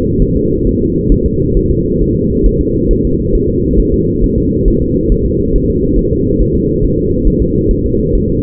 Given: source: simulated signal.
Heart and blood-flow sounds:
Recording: fetal heart sounds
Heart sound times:
0.22 s: S1
0.37 s: S2
0.67 s: S1
0.81 s: S2
1.12 s: S1
1.26 s: S2
1.57 s: S1
1.71 s: S2
2.02 s: S1
2.16 s: S2
2.46 s: S1
2.61 s: S2
2.91 s: S1
3.05 s: S2
3.35 s: S1
3.50 s: S2
3.79 s: S1
3.94 s: S2
4.24 s: S1
4.38 s: S2
4.68 s: S1
4.82 s: S2
5.12 s: S1
5.26 s: S2
5.56 s: S1
5.70 s: S2
5.99 s: S1
6.13 s: S2
6.41 s: S1
6.56 s: S2
6.84 s: S1
6.99 s: S2
7.28 s: S1
7.42 s: S2
7.71 s: S1
7.85 s: S2
8.15 s: S1
8.30 s: S2
From the record:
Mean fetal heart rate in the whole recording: 135 bpm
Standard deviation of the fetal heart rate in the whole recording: 3 bpm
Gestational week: 36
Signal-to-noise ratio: -14.7 dB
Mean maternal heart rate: 72 bpm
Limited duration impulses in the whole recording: present

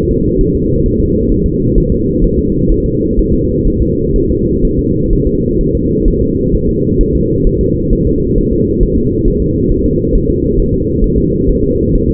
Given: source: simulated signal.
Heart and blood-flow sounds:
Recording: fetal heart sounds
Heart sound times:
0.11 s: S2
0.41 s: S1
0.55 s: S2
0.86 s: S1
1.00 s: S2
1.32 s: S1
1.46 s: S2
1.78 s: S1
1.92 s: S2
2.25 s: S1
2.39 s: S2
2.72 s: S1
2.86 s: S2
3.19 s: S1
3.33 s: S2
3.67 s: S1
3.82 s: S2
4.16 s: S1
4.30 s: S2
4.65 s: S1
4.79 s: S2
5.13 s: S1
5.27 s: S2
5.61 s: S1
5.75 s: S2
6.08 s: S1
6.22 s: S2
6.54 s: S1
6.69 s: S2
7.01 s: S1
7.15 s: S2
7.47 s: S1
7.61 s: S2
7.93 s: S1
8.07 s: S2
8.38 s: S1
8.53 s: S2
8.83 s: S1
8.97 s: S2
9.28 s: S1
9.42 s: S2
9.72 s: S1
9.86 s: S2
10.16 s: S1
10.30 s: S2
10.59 s: S1
10.74 s: S2
11.04 s: S1
11.18 s: S2
11.49 s: S1
11.64 s: S2
11.95 s: S1
12.10 s: S2
From the record:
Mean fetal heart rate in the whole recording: 130 bpm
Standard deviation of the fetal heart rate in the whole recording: 4 bpm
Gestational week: 38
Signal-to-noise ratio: -14.7 dB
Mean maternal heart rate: 72 bpm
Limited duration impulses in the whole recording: present

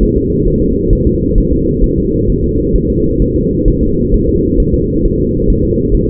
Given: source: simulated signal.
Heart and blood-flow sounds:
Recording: fetal heart sounds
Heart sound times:
0.03 s: S1
0.17 s: S2
0.48 s: S1
0.62 s: S2
0.93 s: S1
1.07 s: S2
1.38 s: S1
1.52 s: S2
1.84 s: S1
1.98 s: S2
2.30 s: S1
2.44 s: S2
2.76 s: S1
2.90 s: S2
3.22 s: S1
3.36 s: S2
3.68 s: S1
3.83 s: S2
4.14 s: S1
4.29 s: S2
4.60 s: S1
4.74 s: S2
5.05 s: S1
5.20 s: S2
5.50 s: S1
5.65 s: S2
5.95 s: S1
6.09 s: S2
From the record:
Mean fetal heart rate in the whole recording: 135 bpm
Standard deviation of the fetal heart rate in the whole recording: 3 bpm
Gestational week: 36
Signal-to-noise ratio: -14.7 dB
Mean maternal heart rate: 72 bpm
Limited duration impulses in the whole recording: present

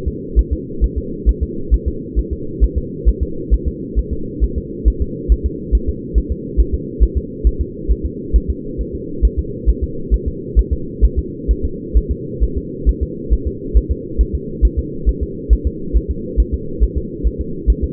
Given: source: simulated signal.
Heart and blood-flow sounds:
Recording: fetal heart sounds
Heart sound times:
0.08 s: S2
0.39 s: S1
0.53 s: S2
0.84 s: S1
0.98 s: S2
1.29 s: S1
1.43 s: S2
1.74 s: S1
1.88 s: S2
2.19 s: S1
2.33 s: S2
2.64 s: S1
2.78 s: S2
3.09 s: S1
3.23 s: S2
3.54 s: S1
3.68 s: S2
3.99 s: S1
4.13 s: S2
4.44 s: S1
4.58 s: S2
4.88 s: S1
5.02 s: S2
5.32 s: S1
5.46 s: S2
5.75 s: S1
5.89 s: S2
6.18 s: S1
6.32 s: S2
6.60 s: S1
6.74 s: S2
7.03 s: S1
7.17 s: S2
7.47 s: S1
7.61 s: S2
7.92 s: S1
8.06 s: S2
8.36 s: S1
8.50 s: S2
8.81 s: S1
8.95 s: S2
9.25 s: S1
9.39 s: S2
9.69 s: S1
9.84 s: S2
10.14 s: S1
10.28 s: S2
10.59 s: S1
10.73 s: S2
11.05 s: S1
11.19 s: S2
11.51 s: S1
11.65 s: S2
11.97 s: S1
12.12 s: S2
12.44 s: S1
12.58 s: S2
12.89 s: S1
13.03 s: S2
13.33 s: S1
13.48 s: S2
13.77 s: S1
13.91 s: S2
14.21 s: S1
14.35 s: S2
14.65 s: S1
14.79 s: S2
15.09 s: S1
15.23 s: S2
15.53 s: S1
15.67 s: S2
15.97 s: S1
16.11 s: S2
16.40 s: S1
16.54 s: S2
16.84 s: S1
16.98 s: S2
17.27 s: S1
17.41 s: S2
17.70 s: S1
17.84 s: S2
From the record:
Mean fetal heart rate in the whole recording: 135 bpm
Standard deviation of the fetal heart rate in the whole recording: 3 bpm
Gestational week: 34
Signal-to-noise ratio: -4.3 dB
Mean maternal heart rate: 72 bpm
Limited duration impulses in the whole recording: absent

